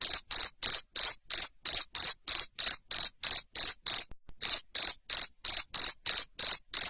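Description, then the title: Cricket giving a steady train of loud, high chirps roughly three each second, broken once by a brief gap before resuming at the same pace. Loud cricket chirping used to stimulate lovebirds into continuous chattering song. "Suara JANGKRIK NGERIK Keras Bikin LOVEBIRD Jadi NGEKEK Terus"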